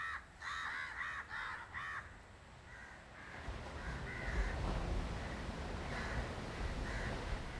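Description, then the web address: Crow giving a rapid series of harsh caws at the start, then fainter calls as a low rumble swells. Street in South India, 2018. "South India street recordings crows"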